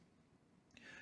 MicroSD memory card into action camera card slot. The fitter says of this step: so give it a push and it'll click right into place